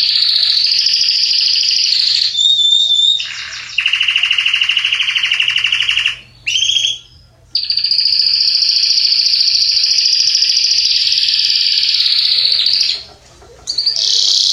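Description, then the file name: Belgian canary singing long, rolling, high trills that switch between tours of different pitch, broken by several short pauses. Yellow Belgian canary. "canto do canario belga amarelo"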